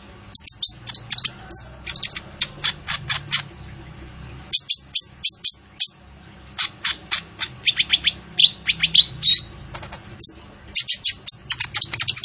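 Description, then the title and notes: Sunbird song: rapid series of sharp, high, clicky chips in quick runs, broken by short pauses, with a few squeaky twitters mixed in. Training song for cage birds, sung vigorously with varied fills and sharp 'shot' phrases; suited as a lure. "Suara Burung Kolibri Ninja Gacor"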